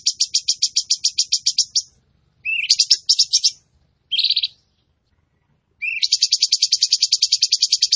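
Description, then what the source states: Tembakan bird song: fast, very high pulsed trills in bursts, some opened by a short rising note, with brief silences between. Training recording for caged birds; bird singing vigorously, described as gacor.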